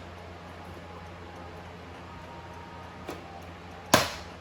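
A second plastic retaining clip on a Q50 door mirror trim panel is pried loose from the panel. After a steady low hum and a faint tick near 3.1 s, it pops out with a sharp, bright snap at 3.9 s that quickly fades. The clip comes free.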